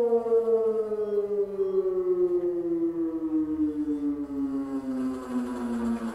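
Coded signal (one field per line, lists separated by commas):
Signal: siren signal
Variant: electronic siren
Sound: loud steady siren wail slowly dropping in pitch, with a buzzy vibrating timbre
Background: outdoor ambience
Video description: Monatliche Sirenenprobe der Feuerwehrsirenen in Bad Honnef am 26.08.2017 um 12 Uhr mit dem Signal "Feueralarm".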